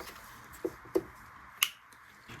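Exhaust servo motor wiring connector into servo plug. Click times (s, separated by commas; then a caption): 1.6 s. The plastic wiring connector for the exhaust servo motor on a K67 BMW S1000RR is plugged back into its mating servo plug during an Akrapovic headers installation. Two soft low knocks at about 0.6 and 1.0 seconds come before a sharp, bright click at 1.6 seconds, which shows the connector is fully seated.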